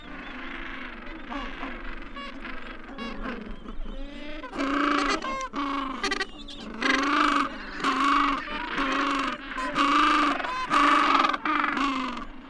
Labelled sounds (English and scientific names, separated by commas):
Gentoo Penguin (Pygoscelis papua) call